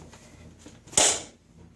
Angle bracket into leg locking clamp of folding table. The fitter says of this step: you hear that snap